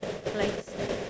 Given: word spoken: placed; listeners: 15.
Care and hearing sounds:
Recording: one English word in noise, from a listening test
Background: noise modulated by three-talker babble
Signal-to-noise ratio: -4.4 dB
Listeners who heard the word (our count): 1 of 15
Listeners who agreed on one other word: 9 of 15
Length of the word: 0.70 s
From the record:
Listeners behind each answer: 9, 4, 1, 1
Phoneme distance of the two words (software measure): 7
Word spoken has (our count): 1 syllable, 5 phonemes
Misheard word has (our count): 1 syllable, 4 phonemes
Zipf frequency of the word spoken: 4.40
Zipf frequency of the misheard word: 5.78

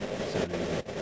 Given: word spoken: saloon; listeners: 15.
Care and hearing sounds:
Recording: one English word in noise, from a listening test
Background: noise modulated by three-talker babble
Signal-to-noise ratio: -6.5 dB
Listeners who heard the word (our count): 1 of 15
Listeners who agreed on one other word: 9 of 15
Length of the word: 0.62 s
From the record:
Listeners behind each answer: 9, 2, 1, 1, 1, 1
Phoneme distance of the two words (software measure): 10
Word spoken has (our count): 2 syllables, 5 phonemes, stress on syllable 2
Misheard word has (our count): 2 syllables, 5 phonemes, stress on syllable 2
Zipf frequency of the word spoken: 3.37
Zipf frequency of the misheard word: 3.67

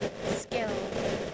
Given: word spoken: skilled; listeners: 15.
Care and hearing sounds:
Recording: one English word in noise, from a listening test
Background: noise modulated by three-talker babble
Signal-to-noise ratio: -5.0 dB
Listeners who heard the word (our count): 3 of 15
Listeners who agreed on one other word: 11 of 15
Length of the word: 0.94 s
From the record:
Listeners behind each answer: 11, 3, 1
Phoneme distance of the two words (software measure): 7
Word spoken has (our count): 1 syllable, 5 phonemes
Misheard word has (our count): 1 syllable, 4 phonemes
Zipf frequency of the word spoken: 3.95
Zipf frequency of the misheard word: 4.40

